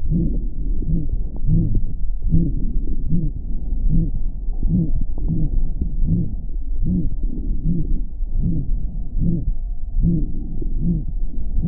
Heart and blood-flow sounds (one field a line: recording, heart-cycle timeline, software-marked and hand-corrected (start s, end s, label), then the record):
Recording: heart sounds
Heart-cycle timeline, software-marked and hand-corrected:
0.00	0.11	diastole
0.11	0.25	S1
0.25	0.41	systole
0.41	0.47	S2
0.47	0.87	diastole
0.87	0.99	S1
0.99	1.14	systole
1.14	1.19	S2
1.19	1.50	diastole
1.50	1.66	S1
1.66	1.81	systole
1.81	1.91	S2
1.91	2.32	diastole
2.32	2.48	S1
2.48	2.63	systole
2.63	2.71	S2
2.71	3.12	diastole
3.12	3.22	S1
3.22	3.37	systole
3.37	3.45	S2
3.45	3.82	diastole
3.82	3.92	S1
3.92	4.03	systole
4.03	4.15	S2
4.15	4.60	diastole
4.60	4.72	S1
4.72	4.81	systole
4.81	4.93	S2
4.93	5.28	diastole
5.28	5.38	S1
5.38	5.49	systole
5.49	5.57	S2
5.57	5.98	diastole
5.98	6.12	S1
6.12	6.25	systole
6.25	6.35	S2
6.35	6.84	diastole
6.84	6.98	S1
6.98	7.13	systole
7.13	7.23	S2
7.23	7.66	diastole
7.66	7.80	S1
7.80	7.95	systole
7.95	8.05	S2
8.05	8.46	diastole
8.46	8.60	S1
8.60	8.77	systole
8.77	8.85	S2
8.85	9.24	diastole
9.24	9.38	S1
9.38	9.53	systole
9.53	9.61	S2
9.61	9.98	diastole
9.98	10.14	S1
10.14	10.27	systole
10.27	10.37	S2
10.37	10.84	diastole
10.84	10.98	S1
10.98	11.11	systole
11.11	11.21	S2
11.21	11.62	diastole
11.62	11.68	S1
From the record:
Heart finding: aortic stenosis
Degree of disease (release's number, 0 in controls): 4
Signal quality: good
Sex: female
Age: 80 years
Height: 1.53 m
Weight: 82 kg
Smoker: no